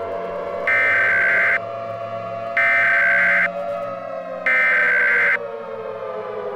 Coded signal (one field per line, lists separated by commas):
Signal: Emergency Alert System (SAME) tones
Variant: header bursts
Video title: *VALID TONES* EAS New Year's Eve Scenario: "2017"